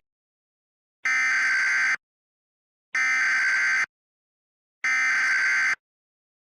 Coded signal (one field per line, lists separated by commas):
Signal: Emergency Alert System (SAME) tones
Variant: header bursts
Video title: EAS Recreation (10/04/15): "Flash Flooding Across the State"